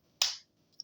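A plastic panel of a transforming robot action figure is pushed home into its locking position, giving a sharp, bright snap at 0.2 s that rings briefly before fading. A much fainter high tick follows at 0.8 s. The panel seats and locks into place.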